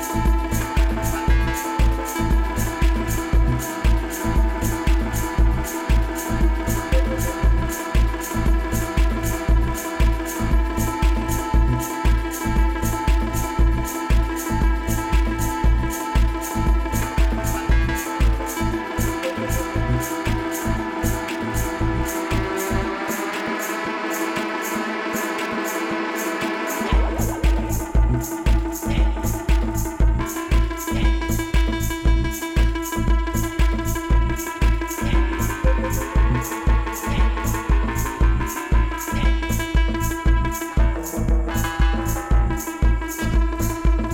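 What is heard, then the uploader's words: Loud, steady dance music at a Day of the Dead event in Tucson, Arizona, driven by a fast, regular pounding beat with heavy bass and a held drone-like tone. Around 23 seconds the bass and kick drop out briefly, then return near 27 seconds. Day of the Dead, Tucson Arizona.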